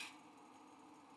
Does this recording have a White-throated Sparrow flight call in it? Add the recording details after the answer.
no. No flight call is heard. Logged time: 10:15 on 5 December 2014